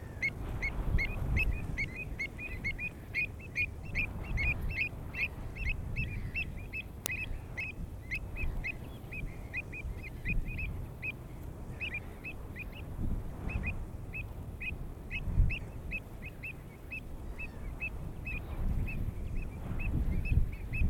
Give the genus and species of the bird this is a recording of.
Recurvirostra avosetta